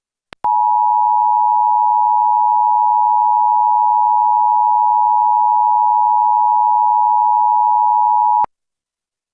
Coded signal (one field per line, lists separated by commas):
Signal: Emergency Alert System (SAME) tones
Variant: 853 and 960 Hz attention tone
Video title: EAS Test #3: Indiana Required Monthly Test for August 2022 on WXIN FOX 59 - 8/18/2022